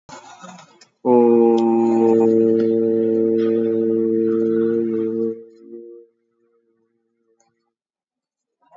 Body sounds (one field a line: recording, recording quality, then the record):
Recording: sustained vowel as in boot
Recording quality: excellent, no background noise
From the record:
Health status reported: COVID-19 positive, mild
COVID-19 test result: positive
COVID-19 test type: RT-PCR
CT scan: taken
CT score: 16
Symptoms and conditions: cough, cold, fatigue, diabetes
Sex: male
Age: 43 years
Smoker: no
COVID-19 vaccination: both doses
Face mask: not worn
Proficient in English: yes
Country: India